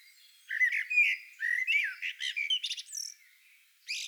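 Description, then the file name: Common blackbird song: two low mellow warbled phrases, a descending slur, then a high twittering flourish and a short harsh burst at the end. "Turdus merula"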